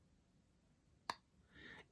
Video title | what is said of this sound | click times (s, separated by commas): Graf von Faber Castell Tamitio – Fountain Pen Review | as said it does click in place | 1.1 s